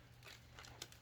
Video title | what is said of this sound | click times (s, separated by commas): Casdon Dyson V7 Toy Vacuum - Goodwill Find! | click into place. | 0.8 s